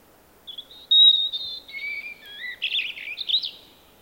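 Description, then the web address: Robin singing: clear high whistled notes, a lower drawn-out whistle, then a quick jumble of warbled, trilling notes. "Robin. Paul Smith Gallery"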